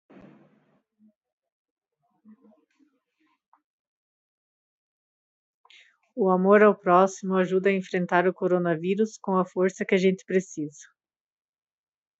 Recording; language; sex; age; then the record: spoken sentence; Brazilian Portuguese; female; 40 to 49 years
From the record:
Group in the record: control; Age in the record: 46 years